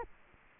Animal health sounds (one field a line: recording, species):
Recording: mosquito wingbeat signal from an infrared sensor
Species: Anopheles arabiensis